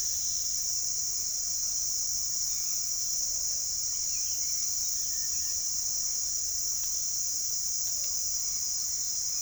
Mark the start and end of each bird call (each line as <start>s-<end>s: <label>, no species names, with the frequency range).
3.12s-5.59s: bird call (0.7-4.6 kHz)